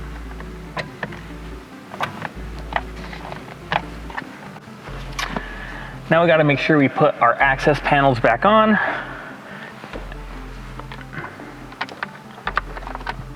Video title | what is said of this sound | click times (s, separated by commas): FactionFab 2017+ BRZ / 86 Steering Wheel Install | press it firmly and you'll be able to hear three audible clicks for each one of the pins to connect | 1.0 s, 2.8 s, 3.8 s